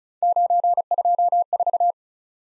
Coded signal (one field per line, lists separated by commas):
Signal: Morse code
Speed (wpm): 36 wpm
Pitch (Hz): 700 Hz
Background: none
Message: 924